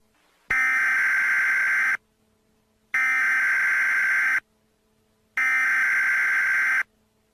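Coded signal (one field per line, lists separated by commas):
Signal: Emergency Alert System (SAME) tones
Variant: header bursts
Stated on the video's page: Fictional EAS scenario remake.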